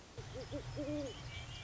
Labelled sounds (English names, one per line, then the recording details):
Great Horned Owl
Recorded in Sonoma County, California